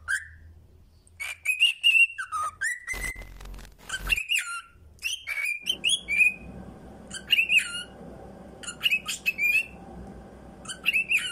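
Cockatiel calls: mixed squawky chirps and short whistled notes, rising and falling, with a brief rattle of noise early and a low hum later.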